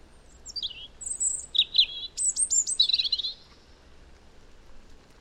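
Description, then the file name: European robin singing one high, sweet phrase that mixes thin whistles with a fast run of bright, descending twittered notes, then falls quiet. "Erithacus rubecula"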